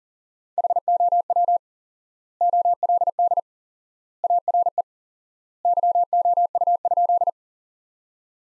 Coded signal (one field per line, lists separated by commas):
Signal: Morse code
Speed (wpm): 40 wpm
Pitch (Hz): 700 Hz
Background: none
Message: HOW OLD ARE YOU?